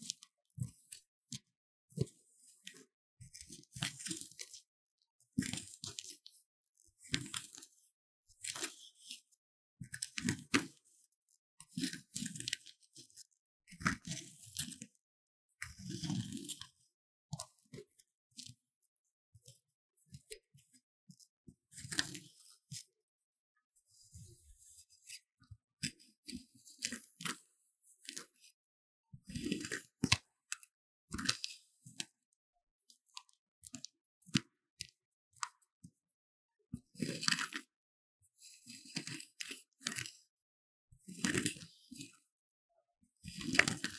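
A block of magnesium is scraped in short, gritty strokes, each a bright rasping burst with a low thump beneath it. The strokes come in irregular clusters every second or so, separated by brief silences, across the whole clip.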